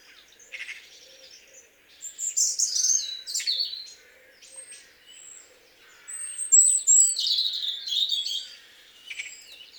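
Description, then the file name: European robin song, varied high thin warbles and sharp trills in two main bursts, with quieter twittering between them. "Erithacus rubecula"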